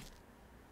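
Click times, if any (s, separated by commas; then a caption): none. A steel snap ring is being pushed down the valve tube of a Benjamin 3620 85-shot CO2 repeater airgun with a push tool, headed for its groove behind the valve. A brief soft hiss of handling noise comes at the start, then a low, steady rumble runs through the rest of the clip. Nothing has seated or clicked yet.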